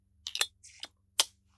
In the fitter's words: O nawet taki klik przyjemny posłuchajcie